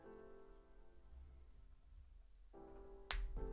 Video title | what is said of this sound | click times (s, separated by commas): Building the BIONICLE KARDAS DRAGON (Yeah, it's BIG🤯) | how well can you all hear those clicks when cuz the mic is up here my hands are down here could you hear that click very well | 3.1 s